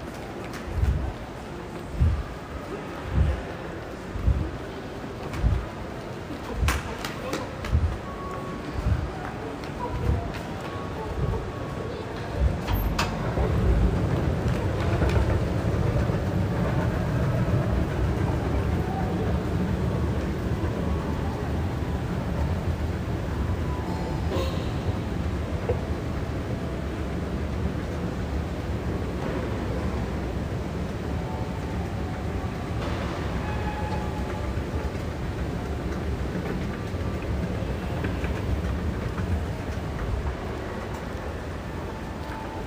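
A metro ride: regular rhythmic clacks for the first twelve seconds, then a steady dense rumble with murmuring voices and occasional clicks.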